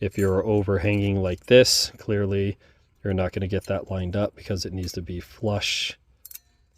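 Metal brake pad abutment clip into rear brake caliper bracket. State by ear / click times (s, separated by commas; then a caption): seated / 6.3 s. Someone talks while a metal brake pad abutment clip is pressed onto the rear brake caliper bracket of a 2018 Subaru Forester so it sits flush with the bracket surface. A short, sharp metallic click sounds at 6.3 s as the clip seats into place.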